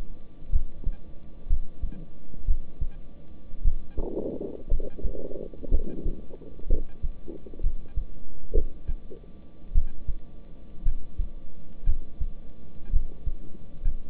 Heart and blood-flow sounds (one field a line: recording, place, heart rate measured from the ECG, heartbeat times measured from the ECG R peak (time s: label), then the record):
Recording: heart sounds by stethoscope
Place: between the tricuspid and mitral areas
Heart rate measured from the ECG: 59 bpm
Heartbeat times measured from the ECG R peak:
0.51 s: heartbeat
1.48 s: heartbeat
2.46 s: heartbeat
3.62 s: heartbeat
4.69 s: heartbeat
5.69 s: heartbeat
6.68 s: heartbeat
7.61 s: heartbeat
8.52 s: heartbeat
9.73 s: heartbeat
10.83 s: heartbeat
11.84 s: heartbeat
12.91 s: heartbeat
13.83 s: heartbeat
From the record:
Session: rest, lying down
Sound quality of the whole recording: good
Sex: male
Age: 26 years